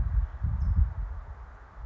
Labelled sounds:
California Towhee (Melozone crissalis)
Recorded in Sonoma County, California

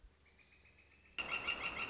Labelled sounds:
Northern Flicker (Colaptes auratus)
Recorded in Sonoma County, California

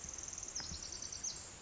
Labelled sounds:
Pacific Wren (Troglodytes pacificus)
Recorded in Sonoma County, California

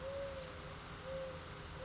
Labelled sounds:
Mourning Dove (Zenaida macroura)
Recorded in Sonoma County, California

